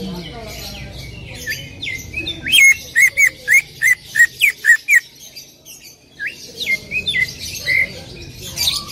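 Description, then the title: Greater green leafbird calls: a burst of loud clipped chirps, then a pause and several rising whistled notes. Female, vocalising intensely and calling to a male. "CUCAK IJO BETINA GACOR HIPER MEMANGGIL JANTAN"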